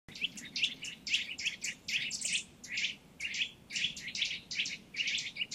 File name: Sitta europaea